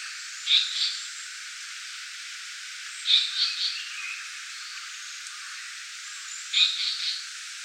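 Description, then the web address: Japanese paradise flycatcher song phrases, each a crisp leading note followed by a few softer notes, heard three times. "birdenaga sankoutyou"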